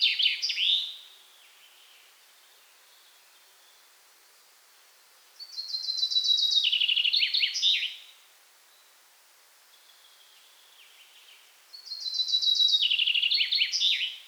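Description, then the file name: Common chaffinch repeating its song: the tail of one phrase, then two more descending rattling trills with terminal flourishes, roughly six seconds apart. "Fringilla coelebs"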